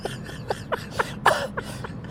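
A rapid run of about seven short, harsh cough bursts in two seconds, with a choking quality, over a low background hum from a car interior. An adult is coughing after taking a big hit while smoking, a reflex that clears irritant from the airway.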